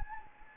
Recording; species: mosquito wingbeat signal from an infrared sensor; Anopheles gambiae